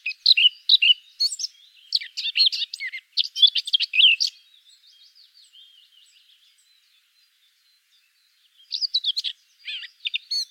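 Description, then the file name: Eurasian blackcap warbling, bursts of rapid, jumbled chirps and trills fading into soft twitters, a silent gap, then a loud chattering phrase returns near the end. "Sylvia atricapilla"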